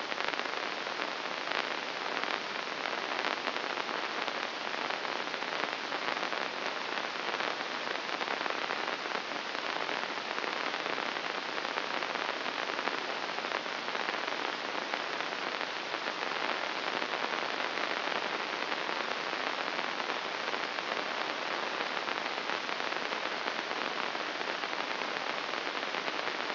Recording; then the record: brain microelectrode recording played as sound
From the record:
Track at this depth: inside the subthalamic nucleus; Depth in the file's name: 1.806 mm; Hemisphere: right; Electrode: 2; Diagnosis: Parkinson's disease